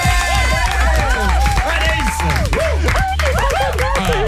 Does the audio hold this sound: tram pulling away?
no